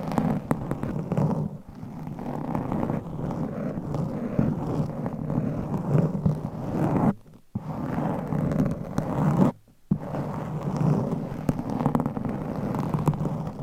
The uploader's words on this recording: ASMR with CLAWS Changing Triggers Every 60 Seconds Scratching , Tapping , Massage etc No Talking.